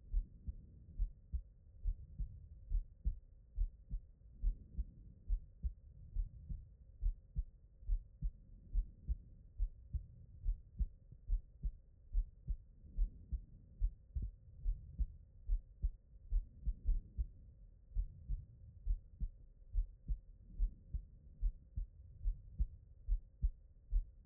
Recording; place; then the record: heart sounds by stethoscope; pulmonary valve (PV)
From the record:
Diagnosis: non-HFrEF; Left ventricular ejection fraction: 66%